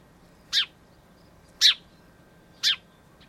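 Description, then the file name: House sparrow giving three sharp chirps, roughly one per second, against a low steady hum. "Passer domesticus"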